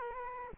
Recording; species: mosquito wingbeat signal from an infrared sensor; Aedes aegypti